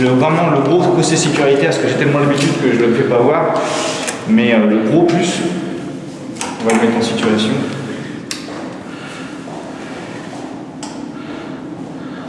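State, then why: Not seated. A locksmith handles the security mechanism of an armored door lock, moving it into position while someone talks, with a few short metallic knocks along the way. Nothing has seated or clicked yet; the part is not yet engaged.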